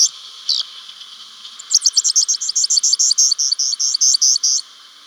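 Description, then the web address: Grassland yellow-finch song: two brief high notes, then a fast run of about twenty high, buzzy-edged chips repeated evenly for nearly three seconds, then stopping. Ecuador. "Birds of Ecuador. Grassland Yellow-Finch"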